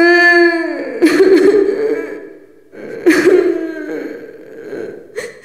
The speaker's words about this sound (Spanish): Pero eso es una chica llorando.